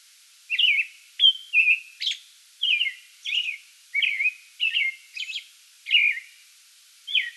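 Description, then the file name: American robin caroling: a steady stream of loud slurred whistled phrases with occasional thin high notes between them, background otherwise quiet. Song bout recorded 8 May 2022. "2022-05-08 American Robin song bout"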